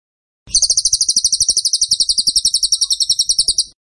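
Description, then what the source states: Bird song, one steady high buzzy trill of fast pulsed notes lasting about three seconds. Masteran (song-training) recording of a bird described as gacor (singing actively), tembakan style.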